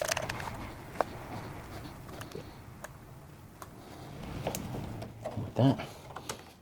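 A floor transition strip is handled over its glued base channel at the edge of a vinyl plank floor, with short sharp ticks and light knocks and a louder low bump near the end while someone briefly talks. The clip ends before the strip is pressed home, so nothing has snapped or seated into the channel yet.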